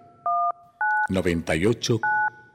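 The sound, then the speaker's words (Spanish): Three short, steady telephone keypad tones beep one after another, each a clean two-note electronic chirp, with a person speaking briefly between the second and third, in a promo for a Colombian radio call-in programme, the radioconsultorios. “Nuestro teléfono espera su llamada.”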